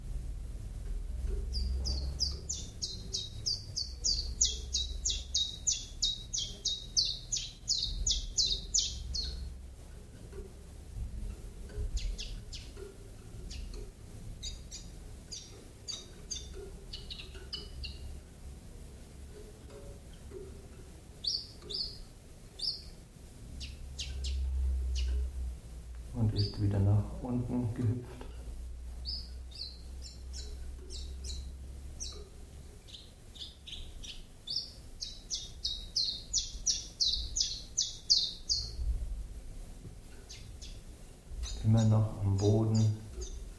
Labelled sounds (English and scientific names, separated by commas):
Common Chiffchaff (Phylloscopus collybita) song